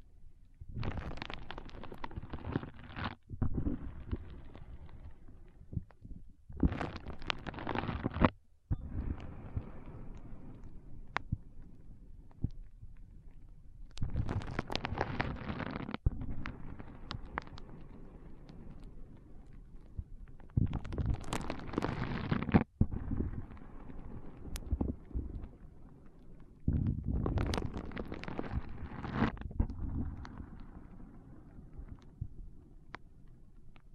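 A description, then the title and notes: Foam being squeezed and rubbed in repeated bursts of rough, rushing crackle every few seconds, with a low murmuring rumble between strokes. ASMR Powerful Foam Brain Massage.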